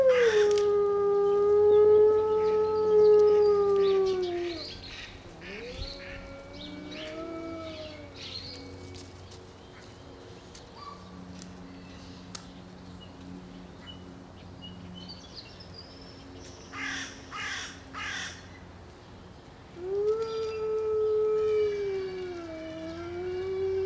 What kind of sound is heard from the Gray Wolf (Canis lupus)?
howling